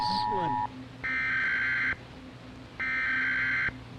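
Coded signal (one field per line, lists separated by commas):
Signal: Emergency Alert System (SAME) tones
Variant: header bursts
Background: speech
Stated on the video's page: Sound effect taken from a recording of the national EAS test, used in a fictional story.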